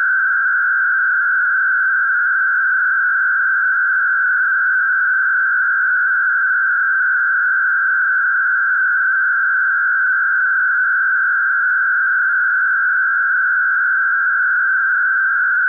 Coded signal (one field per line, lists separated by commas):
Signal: MT63